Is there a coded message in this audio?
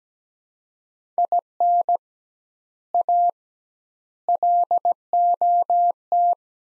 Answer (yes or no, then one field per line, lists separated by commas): yes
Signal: Morse code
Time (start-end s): 1.2-6.3 s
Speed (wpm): 17 wpm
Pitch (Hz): 700 Hz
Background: none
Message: IN A LOT